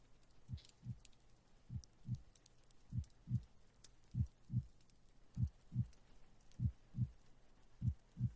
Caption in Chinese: 心跳听上去很平稳，也没有什么问题。 先生的体能可真是爆呢。